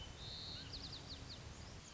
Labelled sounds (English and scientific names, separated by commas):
White-crowned Sparrow (Zonotrichia leucophrys)